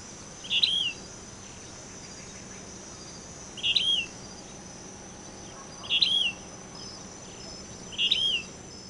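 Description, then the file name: Yellow-bellied elaenia calls: four brief burry notes with falling tails, given at uneven intervals of two to three seconds against constant background hiss. Recorded 26 May 2011. "20110526 ELAFLA"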